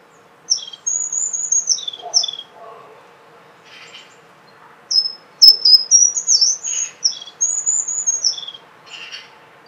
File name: bubus cinege hangja